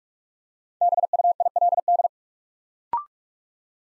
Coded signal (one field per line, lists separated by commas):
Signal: Morse code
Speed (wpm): 44 wpm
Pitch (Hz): 700 Hz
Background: none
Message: BUILD